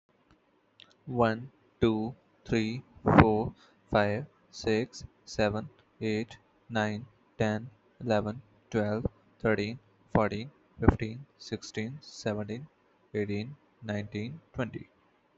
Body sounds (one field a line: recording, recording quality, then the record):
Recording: counting at a normal pace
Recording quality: moderate, slight background noise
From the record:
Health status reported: healthy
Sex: male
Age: 23 years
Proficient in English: yes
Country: India